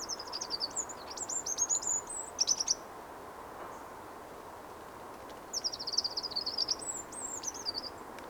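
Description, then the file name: Eurasian wren song: two bursts of rapid, high, buzzy trills and sharp warbled notes, one over the first three seconds and another from about five to eight seconds, over steady hiss. "Troglodytes troglodytes"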